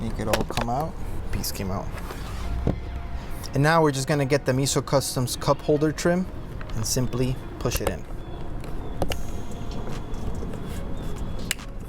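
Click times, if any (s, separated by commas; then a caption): 9.0 s, 9.1 s, 11.5 s. A plastic Miso Customs cup holder trim is pushed into the center console of a Toyota Tacoma while someone talks. Sharp clicks at 9.0, 9.1 and 11.5 seconds mark the trim seating in place.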